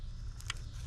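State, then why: Seated. A plastic electrical connector is pressed into its socket on the 3.6L V6 Pentastar engine of a 2012 Chrysler 300 during an oil filter housing change. Over a steady low rumble, a faint tick at 0.4 s is followed by a small, sharp click at 0.5 s as the connector seats and is confirmed on.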